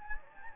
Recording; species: mosquito wingbeat signal from an infrared sensor; Anopheles gambiae